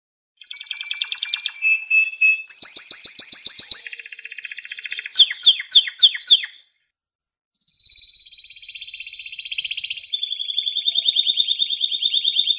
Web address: sounds canary canary-sound